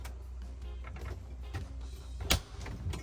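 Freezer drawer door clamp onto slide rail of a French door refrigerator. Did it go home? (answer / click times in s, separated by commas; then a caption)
yes / 2.3 s. A freezer drawer door's side clamp on a Samsung French door refrigerator, model RF27T5201SR/AA, is pressed with fingers onto its slide rail during reinstallation. Over a steady low hum with a few faint ticks, a sharp, loud snap lands at 2.3 s as the clamp seats and the freezer door is secure.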